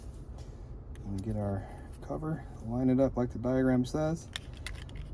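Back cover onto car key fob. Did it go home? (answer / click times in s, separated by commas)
yes / 4.7 s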